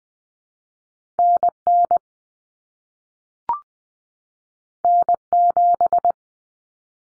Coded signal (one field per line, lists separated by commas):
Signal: Morse code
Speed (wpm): 20 wpm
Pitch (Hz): 700 Hz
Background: none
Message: NN N7